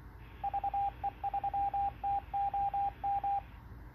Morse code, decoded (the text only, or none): VE3TOM